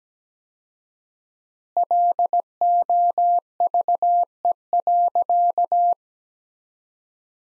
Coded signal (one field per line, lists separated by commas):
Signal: Morse code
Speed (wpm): 17 wpm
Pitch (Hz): 700 Hz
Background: none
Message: LOVE.